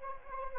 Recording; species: mosquito wingbeat signal from an infrared sensor; Anopheles arabiensis